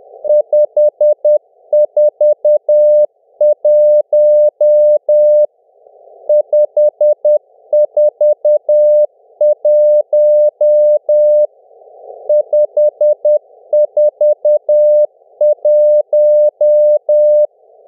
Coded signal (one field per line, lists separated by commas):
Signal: Morse code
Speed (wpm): 10 wpm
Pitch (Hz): 600 Hz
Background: music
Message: 541 541 541